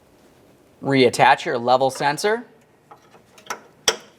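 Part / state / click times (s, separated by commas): fuel level sensor electrical connector into its mating socket / seated / 3.9 s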